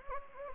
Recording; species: mosquito wingbeat signal from an infrared sensor; Anopheles gambiae